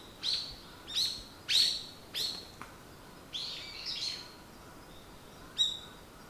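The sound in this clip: Bird calls: a few sharp high chirps at a steady pace, then softer warbled notes and one final clear chirp.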